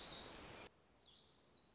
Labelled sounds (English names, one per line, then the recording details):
Black-throated Gray Warbler
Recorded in Sonoma County, California